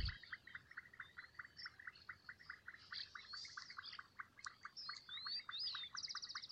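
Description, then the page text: Slender thin-toed frog calling in quick, evenly spaced short notes, several each second, while birds chirp higher up throughout. Adults, both sexes, wild, recorded 29 November 2018 at Álvarez de Toledo, Saladillo, Buenos Aires Province, Argentina, 37 m altitude. "Nome científico: Leptodactylus gracilis Nome Português: Nome Espanhol: Ranita Rayada Nome em Inglês: Sexo: Ambos Fase da vida: Adulto Data de Registro: 29/11/2018 País: Argentina Província. Departamento: Buenos Aires Localidade ou área protegida: Saladillo Detalhada localização: Álvarez de Toledo"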